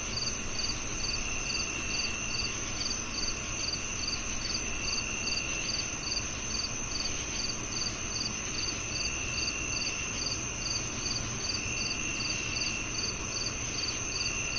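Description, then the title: Rhythmic cricket chirping, fast and even throughout, accompanied by a persistent high insect drone and a wash of soft noise. Crickets on a calm summer night. "Calming Crickets & Summer Night Sleep Sounds"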